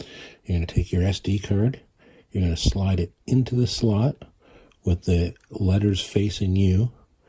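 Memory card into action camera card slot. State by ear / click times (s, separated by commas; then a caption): not seated / none. Someone talks while a microSD card is slid into the card slot beside the battery of a GoPro Hero 7 Black action camera, letters facing the user, and pressed in. Speech fills the clip, with no distinct tick standing out. The card has not seated or clicked yet.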